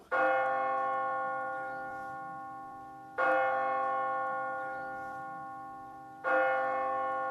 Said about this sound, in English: The bell of St. Mark's.